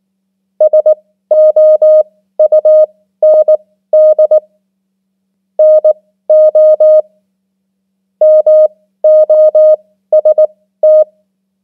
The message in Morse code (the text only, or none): SOUND NO MOST